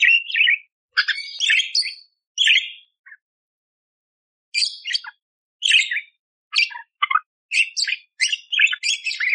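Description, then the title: Budgerigar song, lively scratchy warbling and squeaky chirps in clustered bursts, a pause midway, then quick repeated notes resuming. Budgerigar masteran with clear, loud chattering (gacor) and rough bursts, used to train other songbirds such as the kacer. "Masteran Burung Parkit Gacor Jernih Full Isian Tembakan Kasar Cocok Buat Kacer"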